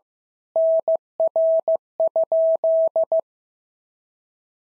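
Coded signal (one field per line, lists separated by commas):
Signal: Morse code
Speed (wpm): 15 wpm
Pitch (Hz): 650 Hz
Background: none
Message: NR?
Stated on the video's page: Morse practice of Worked All Europe DX Contest QTC exchanges at 15 wpm, including random misses with repeats requested.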